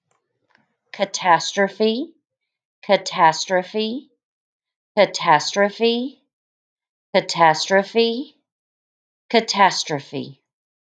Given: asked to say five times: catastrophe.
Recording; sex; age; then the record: repeated word; female; 40 to 49 years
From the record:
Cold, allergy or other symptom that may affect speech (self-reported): no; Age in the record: 46 years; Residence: Oklahoma, United States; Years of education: 19